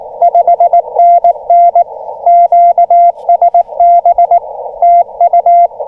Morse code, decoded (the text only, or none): 5NN QSB TU